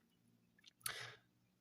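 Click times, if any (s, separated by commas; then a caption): 0.9 s. The D2 blade of a folding knife with a micarta handle swings open on its bearing pivot, with faint small ticks around 0.7 s before a sharp click at 0.9 s. A brief bright rush of noise follows and fades by about 1.2 s. The blade locks open at the end of its travel as the liner takes over, giving a very stable lock-up.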